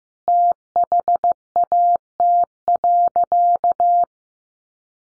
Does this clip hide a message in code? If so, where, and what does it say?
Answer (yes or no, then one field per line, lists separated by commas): yes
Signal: Morse code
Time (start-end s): 0.3-4.0 s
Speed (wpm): 15 wpm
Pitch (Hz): 700 Hz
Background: none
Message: THAT.